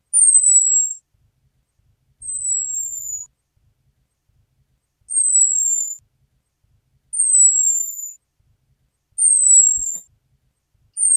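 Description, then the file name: Orange-headed thrush repeating a thin, high, gently descending whistle roughly every two seconds, six calls in a row, with near silence between them. Female. "suara am betina omkicau"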